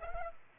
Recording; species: mosquito wingbeat signal from an infrared sensor; Culex pipiens